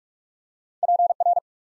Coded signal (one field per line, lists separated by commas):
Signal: Morse code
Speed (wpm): 44 wpm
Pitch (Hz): 700 Hz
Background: none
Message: PR